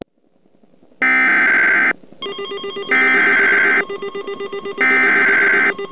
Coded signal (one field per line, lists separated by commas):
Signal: Emergency Alert System (SAME) tones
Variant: header bursts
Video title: Black Sunday Dust Storm (EAS Scenario)